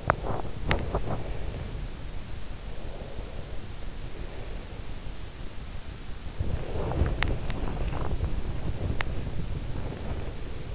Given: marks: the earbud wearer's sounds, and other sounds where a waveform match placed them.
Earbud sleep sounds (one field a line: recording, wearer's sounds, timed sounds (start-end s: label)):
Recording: sounds in sleep by an in-ear microphone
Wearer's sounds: teeth grinding, breath, body movement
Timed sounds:
0.00-1.59 s: teeth grinding
2.79-4.79 s: breath
6.34-10.75 s: body movement